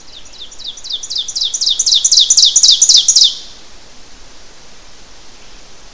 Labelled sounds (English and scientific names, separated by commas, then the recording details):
Ovenbird (Seiurus aurocapilla) song
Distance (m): 5 m
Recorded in boreal forest in Alberta, Canada, on 12 June 2016 at 07:08
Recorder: SongMeter 3, array SBT-3-18
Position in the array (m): 240 m, 85 m
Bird 31